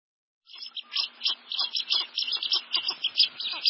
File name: Blue Winged Teal